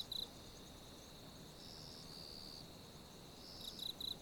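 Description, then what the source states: Grasshopper song: a thin, steady high-pitched buzz that runs throughout, with brief louder pulsing bursts at the start and again near the end, over faint background hiss. At night.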